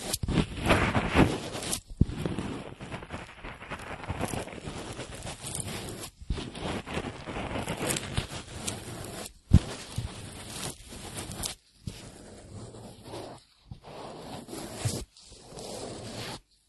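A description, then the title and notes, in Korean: Ear cleaning: dense, scratchy rubbing and scraping that swells and thins in uneven bursts. Brief silent breaks fall near 2, 6, 9.5, 12, 13.5 and 15 seconds. A faint, steady high whine runs underneath throughout. 귀청소.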